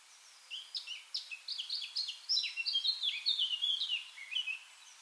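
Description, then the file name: Eurasian blackcap song, a quick warble of chirps building to brighter, fluty descending whistles, then fading. "Sylvia atricapilla"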